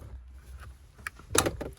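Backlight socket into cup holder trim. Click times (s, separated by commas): 1.4 s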